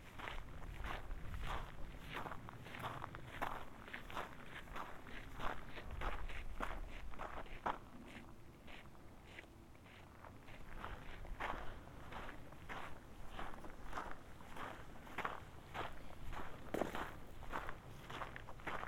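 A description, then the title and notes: Footsteps crunch steadily along a trail outdoors, about two steps per second, each one a sharp gritty scuff on gravel or dirt. The pace stays even throughout, with a soft low rumble of wind underneath and a brief quieter stretch near the middle. A short hike on the Colorado Trail. The recording was made from Molas Lake back to our car parked just off Highway 550 between Durango and Ouray. The part of the trail we hiked is just below 11,000 feet in elevation.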